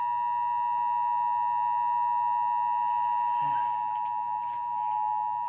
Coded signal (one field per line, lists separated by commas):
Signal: Emergency Alert System (SAME) tones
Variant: 853 and 960 Hz attention tone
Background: speech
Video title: Absolute Craziness In New England: A week of Storms 2| EAS Alerts from 4/14-15/26